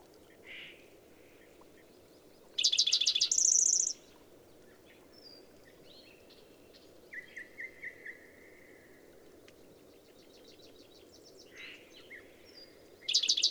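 Bird song: a burst of sharp notes and a rapid high trill, faint whistled calls in between, then the song begins again.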